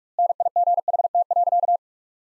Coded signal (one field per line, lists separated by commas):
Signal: Morse code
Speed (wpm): 46 wpm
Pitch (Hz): 700 Hz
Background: none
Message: NIGHT.